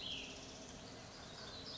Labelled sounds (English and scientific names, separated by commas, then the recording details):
Cassin's Vireo (Vireo cassinii)
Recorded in Sonoma County, California